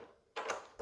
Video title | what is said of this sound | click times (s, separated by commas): DIY Chimney Cleaning That Could Save Your House From Fire | en hij is vergrendeld. | 0.4 s